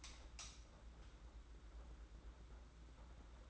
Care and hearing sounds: daily activity, microphone in the room; light on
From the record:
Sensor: 3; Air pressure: 991.9 hPa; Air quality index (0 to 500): 223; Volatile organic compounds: 1000 ppm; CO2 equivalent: 7646 ppm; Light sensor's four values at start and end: 16/39/15/14 and 23/61/24/21

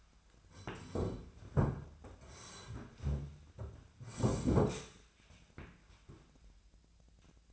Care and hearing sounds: daily activity, microphone in the room; sit down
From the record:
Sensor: 2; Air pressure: 1007.9 hPa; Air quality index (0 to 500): 180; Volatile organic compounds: 10 ppm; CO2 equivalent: 2206 ppm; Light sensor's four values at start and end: 10/24/10/10 and 10/24/10/10

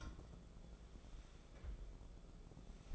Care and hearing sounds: daily activity, microphone in the room; take from stove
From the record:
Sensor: 5

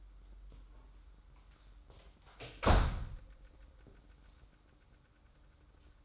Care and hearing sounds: daily activity, microphone in the room; close door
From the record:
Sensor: 3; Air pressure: 994.3 hPa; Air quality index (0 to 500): 203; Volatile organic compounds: 1000 ppm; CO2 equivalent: 6784 ppm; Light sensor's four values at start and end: 121/286/118/112 and 120/285/117/111

